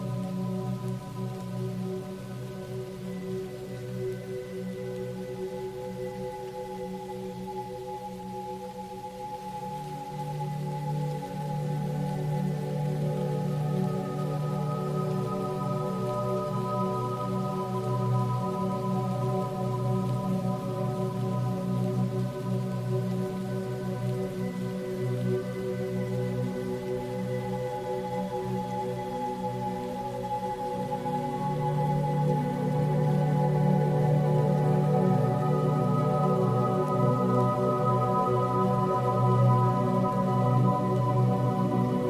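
Soft, sustained music of long held low tones shifting slowly, growing fuller after ten seconds and again near thirty-two, over a steady gentle rain hiss.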